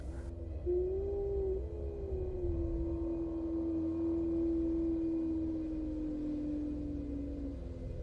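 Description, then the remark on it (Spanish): A loud, eerie, high-pitched howl unlike a dog's, one long wavering cry held for about seven seconds, slowly sliding in pitch over a low rumbling background, with no voices. “Eran los aullidos que Alejandro mencionó. Y claro que no eran los aullidos de un perro, pues por supuesto que lo sabía distinguir.”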